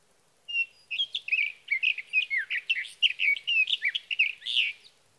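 Sage thrasher song: a long, rapid, run-on warble of varied whistled and buzzy notes, steady and jumbled, lasting about four seconds against a quiet background.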